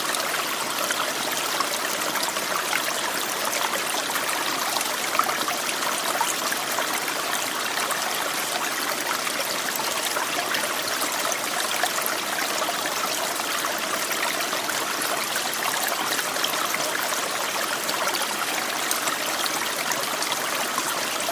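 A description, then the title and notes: A mountain stream runs steadily, its water rushing in a dense, unbroken hiss that holds the same level throughout. The sound sits bright, full of fine splashing and gurgling detail, with little low rumble beneath and no other sounds intruding. Mountain Stream White Noise.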